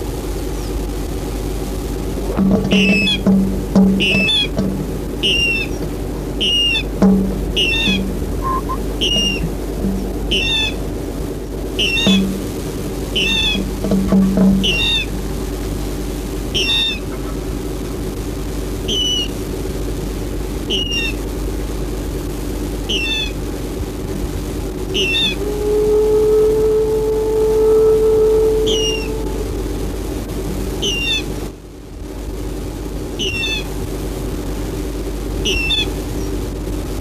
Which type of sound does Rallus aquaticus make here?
call